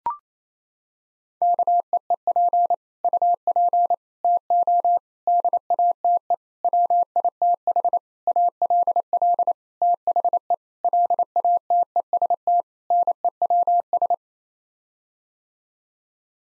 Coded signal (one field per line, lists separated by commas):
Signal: Morse code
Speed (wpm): 28 wpm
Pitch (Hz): 700 Hz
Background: none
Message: KEEP UP TO DATE WITH ALL THE LATEST NEWS